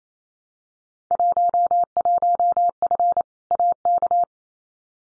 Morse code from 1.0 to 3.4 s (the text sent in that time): 11F